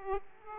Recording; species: mosquito wingbeat signal from an infrared sensor; Aedes aegypti